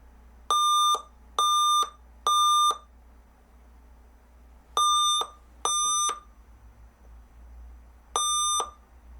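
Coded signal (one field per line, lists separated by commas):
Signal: beep code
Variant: Dell/Alienware laptop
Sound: three steady beeps, a pause, two beeps, then another beep starts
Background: quiet room hum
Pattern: 3-2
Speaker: Now in a moment, we should have a few annoying beep codes.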